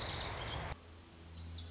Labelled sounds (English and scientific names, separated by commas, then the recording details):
Lazuli Bunting (Passerina amoena)
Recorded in Sonoma County, California